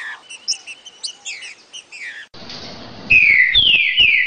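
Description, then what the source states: Green-winged saltator song: soft high chirping at first, then a loud run of clear whistled notes sliding downward in quick succession. Part of a collection of Brazilian birds.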